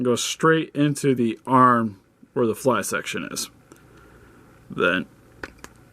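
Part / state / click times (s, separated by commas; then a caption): swappable hand into the wrist joint of a plastic action figure arm / seated / 5.4 s. A plastic gripping hand is pushed straight onto the wrist joint of a Revoltech Yamaguchi Neon Genesis Evangelion Mass Production Type No. 26 action figure's arm and rotated in slightly while someone talks. It pops onto the ball joint with a sharp click at 5.4 s, followed by a quieter tick, and the hand is seated.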